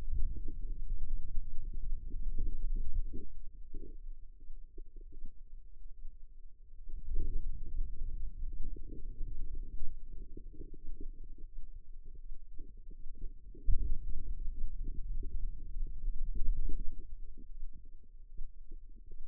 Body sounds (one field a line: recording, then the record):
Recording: forearm muscle sounds (acoustic myography)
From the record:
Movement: finger pinch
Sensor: system 2, bracelet of six BSWA MPA416 microphones around the upper forearm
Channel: 6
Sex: female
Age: 25 years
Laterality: right